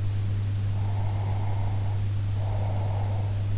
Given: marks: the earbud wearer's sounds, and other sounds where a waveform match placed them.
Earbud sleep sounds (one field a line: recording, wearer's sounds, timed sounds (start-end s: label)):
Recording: sounds in sleep by an in-ear microphone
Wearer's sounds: breath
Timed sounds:
0.71-3.48 s: breath